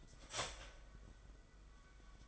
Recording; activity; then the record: daily activity, microphone in the room; start toaster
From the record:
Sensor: 5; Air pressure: 990.9 hPa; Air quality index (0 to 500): 146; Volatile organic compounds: 134 ppm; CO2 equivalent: 3950 ppm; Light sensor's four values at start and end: 38/119/46/48 and 39/119/46/49